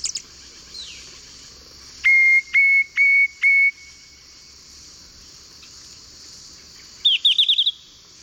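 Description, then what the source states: Lawrence's thrush song: four clear, even whistled notes in quick succession, then a pause and a short, bright, rapid trill near the end over a faint steady hiss. Eastern lowlands of South America.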